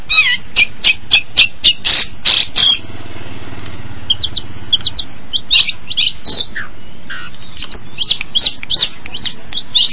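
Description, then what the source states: Long-tailed shrike delivering rapid harsh notes, then a pause with low hum, followed by a quick series of chattering and slurred whistled phrases. Combination song.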